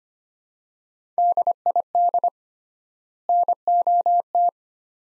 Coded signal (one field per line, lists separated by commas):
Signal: Morse code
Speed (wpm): 25 wpm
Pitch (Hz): 700 Hz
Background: none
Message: DID NOT